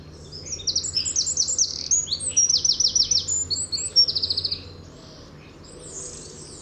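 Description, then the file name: Eurasian wren song: a loud, fast burst of high rattling trills and sharp notes lasting about four seconds, then fading to quiet. "Troglodytes troglodytes"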